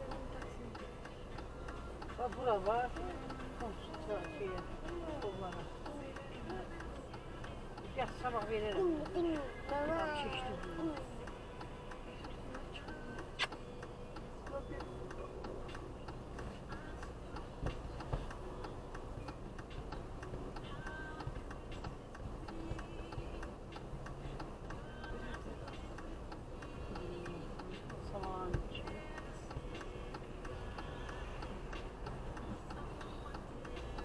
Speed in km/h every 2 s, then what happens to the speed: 6, 1, 0, 0, 2, 0, 1, 0, 0, 0, 0, 0, 0, 0, 0, 0, 0.
1-34 standing.